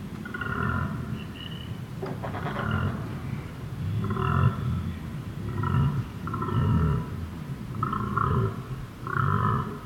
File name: Koala Benarkin Emu Creek Night 11 th Sep 18